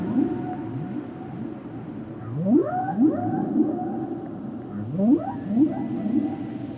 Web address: Whale Songs Whales and Dolphins - whale nature sounds songs